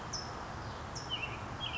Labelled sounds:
California Towhee
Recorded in Sonoma County, California

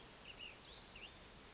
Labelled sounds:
Ash-throated Flycatcher
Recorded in Sonoma County, California

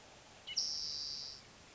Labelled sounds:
Spotted Towhee
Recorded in Sonoma County, California

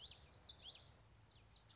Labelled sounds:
Common Yellowthroat
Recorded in Sonoma County, California

